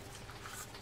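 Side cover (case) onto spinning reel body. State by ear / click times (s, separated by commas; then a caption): not seated / none. The side cover (case) of a Jarvis Walker Ultra 7500 spinning fishing reel is being mounted onto the reel body during reassembly. Only low, steady handling noise with faint rustling is heard, with no sharp hits. Nothing has seated or clicked yet; the cover is handled but not yet home.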